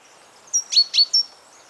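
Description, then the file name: Great tit with a brief cluster of four sharp, high, thin notes in under a second, against near silence. "Parus major"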